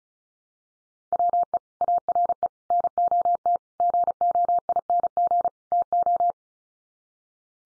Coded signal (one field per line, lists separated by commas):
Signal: Morse code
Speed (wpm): 34 wpm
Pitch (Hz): 700 Hz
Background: none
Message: WE ARE NOT GOING TO